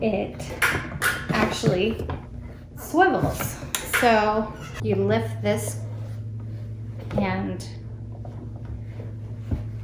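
Someone talks while the swivel seat of a Chico 360-degree swivel highchair is lifted and turned on its base to a new position. Only a few faint small knocks are heard around 8.2 to 8.7 seconds, over a steady low hum. The seat has not yet locked or clicked into place.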